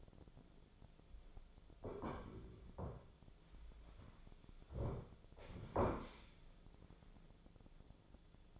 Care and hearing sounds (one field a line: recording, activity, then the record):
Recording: daily activity, microphone in the room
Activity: sit down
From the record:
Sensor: 5